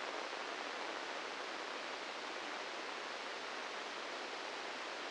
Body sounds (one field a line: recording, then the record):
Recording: brain microelectrode recording played as sound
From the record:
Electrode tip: inside the subthalamic nucleus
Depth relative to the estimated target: 1 mm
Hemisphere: left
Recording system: NeuroSet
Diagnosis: Parkinson's disease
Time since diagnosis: 10 years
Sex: male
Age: 63 years